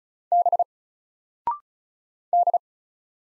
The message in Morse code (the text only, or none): B D